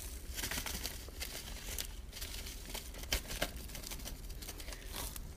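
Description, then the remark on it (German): A plastic bag of panko crumbs is torn open by hand: continuous crinkling and rustling with a couple of sharper ripping bursts midway, with no voices. “Wenn die Schere weg ist, muss man improvisieren. Panko-Mehl dazu.”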